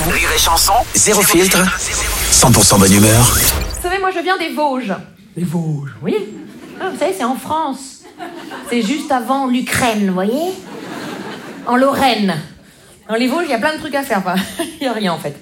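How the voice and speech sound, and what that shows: A dense radio jingle plays for the first four seconds. Then a man delivers a French stand-up comedy routine at a relaxed pace, with clear articulation, lively pitch and brief pauses for timing. His speech is fluent and typical, with no sign of a speech disorder.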